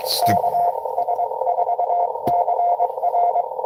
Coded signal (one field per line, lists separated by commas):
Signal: Morse code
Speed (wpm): 22 wpm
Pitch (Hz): 690 Hz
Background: speech, radio noise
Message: KS4CR